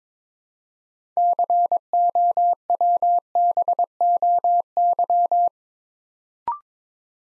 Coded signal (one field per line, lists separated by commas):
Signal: Morse code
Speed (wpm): 22 wpm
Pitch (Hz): 700 Hz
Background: none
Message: COWBOY